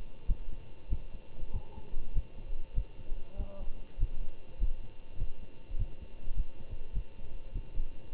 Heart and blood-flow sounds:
heart sounds by stethoscope; between the tricuspid and mitral areas; 99 bpm
0.26 s: heartbeat
0.88 s: heartbeat
1.51 s: heartbeat
2.13 s: heartbeat
2.74 s: heartbeat
3.36 s: heartbeat
3.98 s: heartbeat
4.58 s: heartbeat
5.17 s: heartbeat
5.77 s: heartbeat
6.34 s: heartbeat
6.93 s: heartbeat
7.53 s: heartbeat
8.12 s: heartbeat
From the record:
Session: Bruce protocol treadmill stress test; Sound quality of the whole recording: good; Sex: male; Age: 25 years

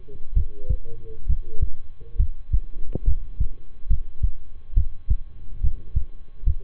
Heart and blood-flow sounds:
heart sounds by stethoscope; between the tricuspid and mitral areas; 69 bpm
0.33 s: heartbeat
1.25 s: heartbeat
2.16 s: heartbeat
3.03 s: heartbeat
3.86 s: heartbeat
4.73 s: heartbeat
5.60 s: heartbeat
6.43 s: heartbeat
From the record:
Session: rest, lying down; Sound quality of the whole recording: good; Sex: male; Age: 23 years

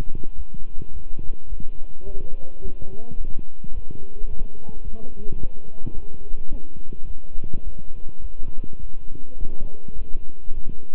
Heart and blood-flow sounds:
heart sounds by stethoscope; between the tricuspid and mitral areas; 106 bpm
0.35 s: heartbeat
0.91 s: heartbeat
1.47 s: heartbeat
2.04 s: heartbeat
2.60 s: heartbeat
3.16 s: heartbeat
3.72 s: heartbeat
4.28 s: heartbeat
4.82 s: heartbeat
5.38 s: heartbeat
5.93 s: heartbeat
6.49 s: heartbeat
7.05 s: heartbeat
7.62 s: heartbeat
8.20 s: heartbeat
8.78 s: heartbeat
9.37 s: heartbeat
9.94 s: heartbeat
10.52 s: heartbeat
From the record:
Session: walking at 3.7 km/h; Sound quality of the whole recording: good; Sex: male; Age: 26 years

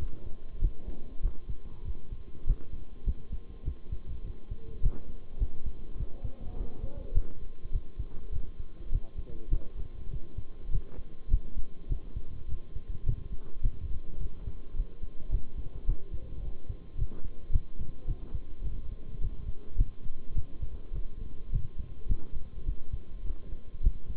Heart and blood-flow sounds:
heart sounds by stethoscope; between the tricuspid and mitral areas; 103 bpm
0.61 s: heartbeat
1.22 s: heartbeat
1.85 s: heartbeat
2.46 s: heartbeat
3.06 s: heartbeat
3.65 s: heartbeat
4.24 s: heartbeat
4.82 s: heartbeat
5.39 s: heartbeat
5.97 s: heartbeat
6.56 s: heartbeat
7.14 s: heartbeat
7.72 s: heartbeat
8.32 s: heartbeat
8.91 s: heartbeat
9.50 s: heartbeat
10.10 s: heartbeat
10.71 s: heartbeat
11.30 s: heartbeat
11.89 s: heartbeat
12.48 s: heartbeat
13.05 s: heartbeat
13.62 s: heartbeat
14.19 s: heartbeat
14.76 s: heartbeat
15.31 s: heartbeat
15.86 s: heartbeat
16.42 s: heartbeat
16.97 s: heartbeat
17.52 s: heartbeat
18.07 s: heartbeat
18.63 s: heartbeat
19.20 s: heartbeat
19.77 s: heartbeat
20.35 s: heartbeat
20.93 s: heartbeat
21.52 s: heartbeat
22.08 s: heartbeat
22.66 s: heartbeat
23.25 s: heartbeat
23.83 s: heartbeat
From the record:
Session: bicycle stress test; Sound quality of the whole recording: good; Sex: male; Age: 23 years

